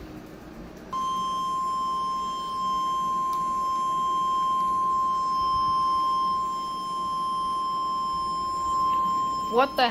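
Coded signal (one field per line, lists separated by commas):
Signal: Emergency Alert System (SAME) tones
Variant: 1050 Hz attention tone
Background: speech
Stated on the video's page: Tornado warnings and other alerts received on weather radios, including a RadioShack Pro-23.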